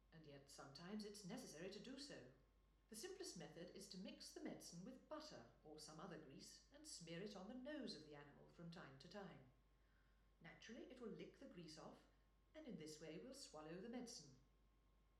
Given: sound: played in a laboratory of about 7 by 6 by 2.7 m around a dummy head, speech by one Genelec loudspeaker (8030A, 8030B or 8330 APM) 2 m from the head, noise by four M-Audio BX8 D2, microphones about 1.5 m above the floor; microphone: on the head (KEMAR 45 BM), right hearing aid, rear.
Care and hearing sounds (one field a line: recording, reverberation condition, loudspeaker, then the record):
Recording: female speech in English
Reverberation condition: medium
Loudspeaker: 90 degrees to the right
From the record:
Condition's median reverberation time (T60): about 510 ms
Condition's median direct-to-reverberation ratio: about -0.5 dB